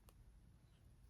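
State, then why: Not seated. A pointed plastic sewing or stitch-marker clip is handled against the crocheted yarn fabric at the shoulder of a dress, where it will be pushed through and snapped shut. A brief, sharp tick at about 0.1 s stands out over a low, steady background of quiet handling. The clip has not clicked shut or seated yet; nothing has gone home.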